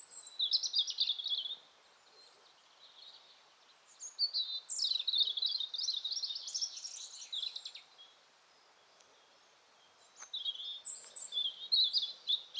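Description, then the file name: European robin song: high, thin warbling phrases that trickle and waver, given in bursts separated by short pauses, with faint background hiss. "Erithacus rubecula"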